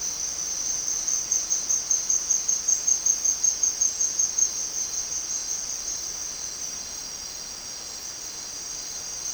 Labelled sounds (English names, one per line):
none